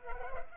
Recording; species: mosquito wingbeat signal from an infrared sensor; Culex pipiens